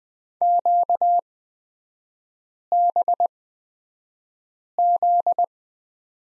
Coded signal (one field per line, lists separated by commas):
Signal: Morse code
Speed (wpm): 20 wpm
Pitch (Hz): 700 Hz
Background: none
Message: QBZ